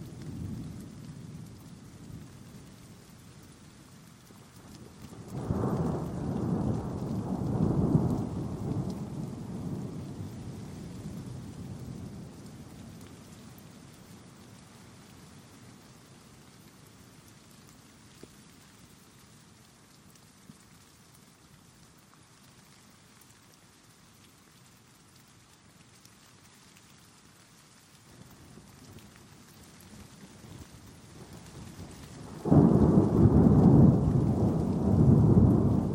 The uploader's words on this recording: Thunderstorm.